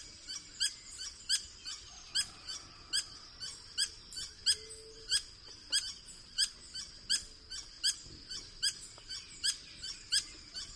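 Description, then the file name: Green hermit calling: a sharp, high single chip repeated steadily about every 0.7 seconds, over a thin constant high-pitched hum in the background. "Golosa ptic - Serogrudyj solnechnyj kolibri Phaethornis guy"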